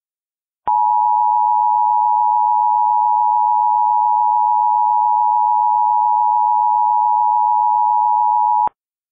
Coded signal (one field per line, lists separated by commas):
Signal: Emergency Alert System (SAME) tones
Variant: 853 and 960 Hz attention tone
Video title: *VALID TONES* Western Nevada PDS Dust Storm Warning (EAS Remake)